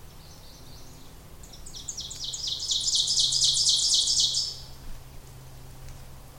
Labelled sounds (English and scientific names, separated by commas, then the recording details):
Ovenbird (Seiurus aurocapilla) song
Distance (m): 10 m
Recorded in boreal forest in Alberta, Canada, on 26 May 2016 at 08:27
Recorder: SongMeter 3, array SBT-3-15
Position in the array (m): 36 m, 247 m
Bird 20